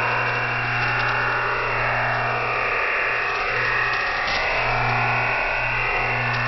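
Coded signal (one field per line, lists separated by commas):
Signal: digital SSTV (DRM)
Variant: EasyDRF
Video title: Shortwave Radiogram EasyDRF Part 2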